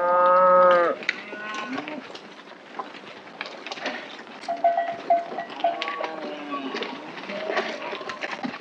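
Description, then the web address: Cattle mooing, one strong harmonic low at the start, then softer scattered moos mixed with clatter and movement noise through the rest. Cattle running. "SFXSource. Cattle Run"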